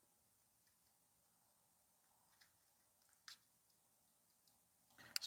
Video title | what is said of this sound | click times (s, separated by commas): How to Add Front & Rear Turn Signals with Rear Back Up Lights. John Deere Gator 845M & 875M. | push it in there until it clicks like that. | 5.2 s